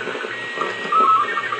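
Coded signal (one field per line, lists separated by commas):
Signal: SSTV (slow-scan television)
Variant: Robot 36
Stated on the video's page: SSTV from the SEEDS CO-66 satellite on 437.485 MHz FM, received on a very high pass with a Yaesu FT-847 and helix antenna.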